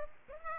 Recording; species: mosquito wingbeat signal from an infrared sensor; Aedes aegypti